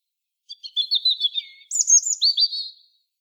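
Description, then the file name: European robin song: a single phrase of thin, high, tumbling warbled notes, starting with a few quiet notes, rising to higher, brighter notes in the middle, then fading out. "Erithacus rubecula"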